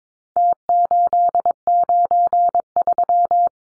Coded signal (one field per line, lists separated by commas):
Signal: Morse code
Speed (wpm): 22 wpm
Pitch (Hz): 700 Hz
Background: none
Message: T893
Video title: Four Digit Contest Style Numbers 22wpm